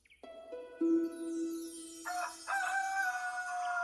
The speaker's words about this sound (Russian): Утром меня разбудил петушиный крик, звонкий и задорный. Что? У нас теперь есть петух? Это здорово, как у бабули в деревне. Классно просыпаться под крик петуха.